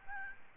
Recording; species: mosquito wingbeat signal from an infrared sensor; Aedes albopictus